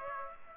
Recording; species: mosquito wingbeat signal from an infrared sensor; Aedes aegypti